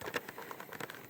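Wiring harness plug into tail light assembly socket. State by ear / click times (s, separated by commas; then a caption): not seated / none. A wiring harness plug is handled and pushed toward the socket on a Honda CR-V tail light assembly (all years), giving a series of small plastic taps and rattles near 0.2, 0.3, 0.5, 0.8 and 0.9 seconds. The clip ends before the plug goes home; nothing has seated or clicked yet.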